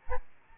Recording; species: mosquito wingbeat signal from an infrared sensor; Aedes albopictus